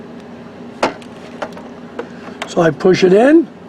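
A refillable plastic CIS ink cartridge is pushed into the cartridge carriage of a Canon TR8520 or TR7520 inkjet printer, giving light plastic knocks and taps at about 0.8, 1.0, 1.4, 2.0 and 2.4 seconds. Someone talks toward the end. The cartridge has not seated or clicked into place yet.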